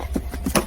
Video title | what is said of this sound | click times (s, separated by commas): Joovy Zoom360 Ultralight How-To Install the Car Seat Adapter. 🙃✌ | and make sure you hear it click. | 0.6 s